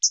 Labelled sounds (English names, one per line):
Hooded Warbler flight call